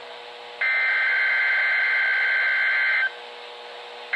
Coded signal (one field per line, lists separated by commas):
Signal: Emergency Alert System (SAME) tones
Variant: header bursts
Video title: EAS 37 Required weekly test